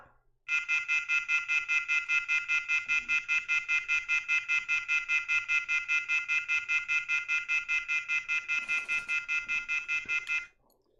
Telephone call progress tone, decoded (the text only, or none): off-hook warning tone